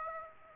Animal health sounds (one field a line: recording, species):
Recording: mosquito wingbeat signal from an infrared sensor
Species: Aedes aegypti